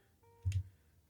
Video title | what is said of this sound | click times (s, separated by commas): SHOKY REVIEWS TRANSFORMERS X TMNT PARTY WALLOP | that'll lock into place like so heel spur out | 0.5 s